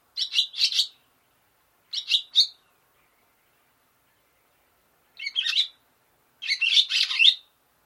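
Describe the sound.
Barn swallow calls: short clusters of sharp, buzzy chirps, two quick groups, a pause of a few seconds, then two more twittering bursts, the second one longer, against a quiet background.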